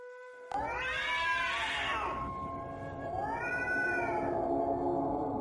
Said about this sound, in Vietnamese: Đúng lúc này, một tiếng mèo kêu thê lương đột nhiên vang lên từ trong quan truyền ra.